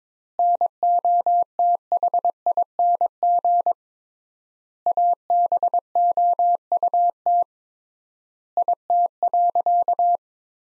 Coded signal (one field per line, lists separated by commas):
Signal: Morse code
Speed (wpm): 22 wpm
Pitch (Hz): 700 Hz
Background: none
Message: NOTHING ABOUT IT.